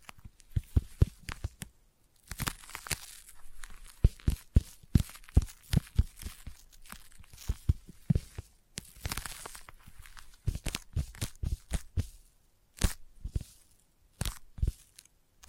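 Sticky tapping with fingers pressing and pulling off a tacky surface, each tap a sharp click followed by a crackling peel. The taps come in quick irregular bursts, with brief pauses near two, nine and fourteen seconds. Background is otherwise silent.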